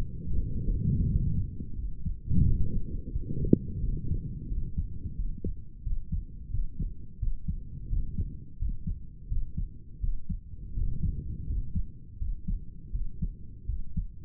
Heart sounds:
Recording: heart sounds by stethoscope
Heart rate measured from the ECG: 86 bpm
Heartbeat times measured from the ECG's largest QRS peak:
0.35 s: heartbeat
1.07 s: heartbeat
1.75 s: heartbeat
2.43 s: heartbeat
3.12 s: heartbeat
3.81 s: heartbeat
4.49 s: heartbeat
5.16 s: heartbeat
5.83 s: heartbeat
6.51 s: heartbeat
7.19 s: heartbeat
7.89 s: heartbeat
8.58 s: heartbeat
9.28 s: heartbeat
10.00 s: heartbeat
10.74 s: heartbeat
11.46 s: heartbeat
12.18 s: heartbeat
12.91 s: heartbeat
13.66 s: heartbeat
From the record:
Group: healthy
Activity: cold pressor test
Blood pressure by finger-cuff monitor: 118/66 mmHg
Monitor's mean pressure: 80 mmHg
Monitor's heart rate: 87 bpm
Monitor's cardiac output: 7 L/min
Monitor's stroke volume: 83 mL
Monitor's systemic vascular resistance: 730 dyn s/cm5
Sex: male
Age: 35 years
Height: 180 cm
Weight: 86.9 kg

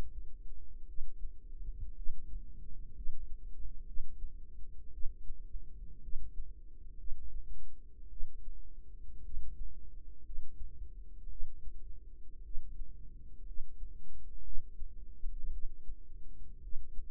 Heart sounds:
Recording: heart sounds by microphone in the right ear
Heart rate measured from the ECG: 57 bpm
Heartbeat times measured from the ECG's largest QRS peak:
0.85 s: heartbeat
1.93 s: heartbeat
2.92 s: heartbeat
3.84 s: heartbeat
4.90 s: heartbeat
6.00 s: heartbeat
6.96 s: heartbeat
8.08 s: heartbeat
9.21 s: heartbeat
10.22 s: heartbeat
11.27 s: heartbeat
12.42 s: heartbeat
13.43 s: heartbeat
14.42 s: heartbeat
15.49 s: heartbeat
16.59 s: heartbeat
From the record:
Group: healthy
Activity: rest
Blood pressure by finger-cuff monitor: 98/61 mmHg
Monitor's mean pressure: 71 mmHg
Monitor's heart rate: 57 bpm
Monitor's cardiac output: 4.6 L/min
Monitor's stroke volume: 82 mL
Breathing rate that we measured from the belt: 17 breaths a minute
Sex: female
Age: 36 years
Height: 163 cm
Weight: 88 kg

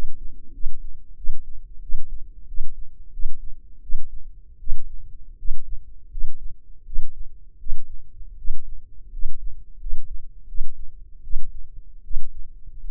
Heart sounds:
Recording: heart sounds by microphone in the left ear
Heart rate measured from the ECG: 83 bpm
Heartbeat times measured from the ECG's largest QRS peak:
0.52 s: heartbeat
1.15 s: heartbeat
1.80 s: heartbeat
2.46 s: heartbeat
3.11 s: heartbeat
3.81 s: heartbeat
4.58 s: heartbeat
5.36 s: heartbeat
6.09 s: heartbeat
6.84 s: heartbeat
7.57 s: heartbeat
8.36 s: heartbeat
9.10 s: heartbeat
9.78 s: heartbeat
10.46 s: heartbeat
11.21 s: heartbeat
12.02 s: heartbeat
12.82 s: heartbeat
From the record:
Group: healthy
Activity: rest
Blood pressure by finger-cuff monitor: 130/71 mmHg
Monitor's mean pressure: 92 mmHg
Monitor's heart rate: 83 bpm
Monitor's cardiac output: 8.1 L/min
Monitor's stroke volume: 93 mL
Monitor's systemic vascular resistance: 830 dyn s/cm5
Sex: male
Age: 21 years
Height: 180 cm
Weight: 67.5 kg

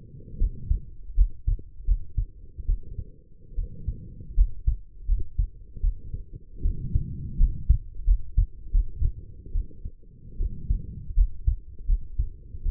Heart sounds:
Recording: heart sounds by stethoscope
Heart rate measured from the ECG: 78 bpm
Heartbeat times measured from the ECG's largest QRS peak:
0.38 s: heartbeat
1.15 s: heartbeat
1.85 s: heartbeat
2.66 s: heartbeat
3.55 s: heartbeat
4.35 s: heartbeat
5.06 s: heartbeat
5.81 s: heartbeat
6.62 s: heartbeat
7.38 s: heartbeat
8.05 s: heartbeat
8.72 s: heartbeat
9.52 s: heartbeat
10.37 s: heartbeat
11.15 s: heartbeat
11.86 s: heartbeat
12.63 s: heartbeat
From the record:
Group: healthy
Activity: rest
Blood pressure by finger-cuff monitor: 115/71 mmHg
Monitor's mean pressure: 83 mmHg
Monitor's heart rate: 77 bpm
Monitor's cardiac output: 6.2 L/min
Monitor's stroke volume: 80 mL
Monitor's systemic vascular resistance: 970 dyn s/cm5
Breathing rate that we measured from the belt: 18 breaths a minute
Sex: female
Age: 23 years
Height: 160 cm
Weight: 50.4 kg

